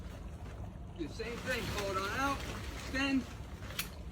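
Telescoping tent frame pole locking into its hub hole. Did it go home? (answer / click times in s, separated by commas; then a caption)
yes / 3.8 s. Someone talks while an extendable roof pole on the pre-attached frame of a FanttikOutdoor Zeta C6 Pro instant cabin tent is pulled out to extend it. At 3.8 s a short, sharp click sounds as the pole's spring button snaps into its locking hole, seating the pole in place.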